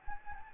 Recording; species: mosquito wingbeat signal from an infrared sensor; Anopheles gambiae